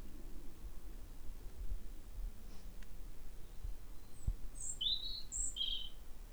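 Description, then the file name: European robin with a single short phrase of high, sweet, slurred notes near the end, after several seconds of low rumbling background noise. "Erithacus rubecula"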